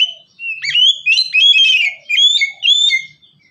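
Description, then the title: Oriental magpie-robin song: a short run of clear whistled notes and slurred phrases, several rising and falling, delivered in quick succession. "kacer"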